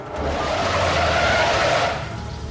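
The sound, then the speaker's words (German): A car brakes hard as a woman runs directly in front of it, its tires letting out a loud, sustained screech for about two seconds, with engine rumble underneath before the squeal trails off slightly at the end. “Sie sind direkt vor meinen Wagen gelaufen.”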